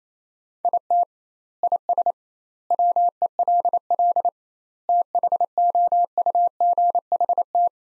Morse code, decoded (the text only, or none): IT IS WELL THOUGHT